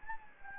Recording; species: mosquito wingbeat signal from an infrared sensor; Anopheles gambiae